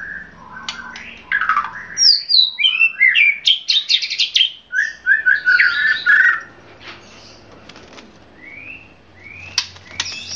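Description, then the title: Oriental magpie-robin song: a rich, varied run of whistled and buzzy phrases, rising and falling sharply, with quieter whistled notes and pauses near the end. "Kicau Kacer"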